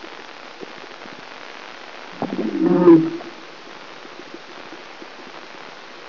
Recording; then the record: brain microelectrode recording played as sound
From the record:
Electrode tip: inside the subthalamic nucleus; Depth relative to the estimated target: -2 mm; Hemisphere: left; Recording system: AlphaMap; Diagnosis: Parkinson's disease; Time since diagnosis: 10 years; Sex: male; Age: 47 years